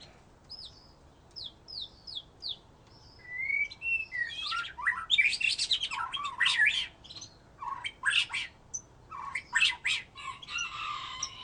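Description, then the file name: White-rumped shama song: varied phrases of clear whistles, slurred rising notes and harsh chattering bursts, delivered in quick bursts. "murai batu"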